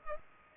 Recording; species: mosquito wingbeat signal from an infrared sensor; Culex pipiens